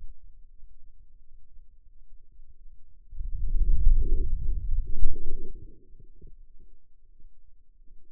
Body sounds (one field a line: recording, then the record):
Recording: forearm muscle sounds (acoustic myography)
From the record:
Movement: wrist flexion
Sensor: system 2, bracelet of six BSWA MPA416 microphones around the upper forearm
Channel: 5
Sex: male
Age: 22 years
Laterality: right